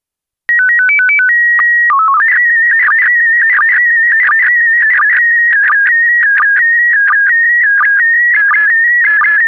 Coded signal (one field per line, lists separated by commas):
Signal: SSTV (slow-scan television)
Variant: PD 90